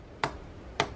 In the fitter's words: just like that so that's snapped back in now you bring your key cap back over